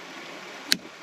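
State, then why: Seated. The two halves of a hard magnetic clip, made for looping over things at camp, snap together with a single sharp click at 0.7 s over a steady, hiss-like background. The clip closes firmly and holds shut, showing the magnets are very solid.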